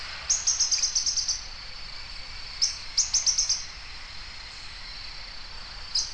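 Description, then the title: Bird song of rapid, high chirped notes in two bursts, plus a single later note, over a steady high hum. "LuckyPassaro Completos2Sama"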